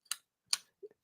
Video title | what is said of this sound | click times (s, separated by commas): VERY COOL KNIVES OF 2025! Folders & Fixed Blades & Beasts! | it's very neat how that blade comes down you don't have to worry about it bouncing out it locks in place | 0.5 s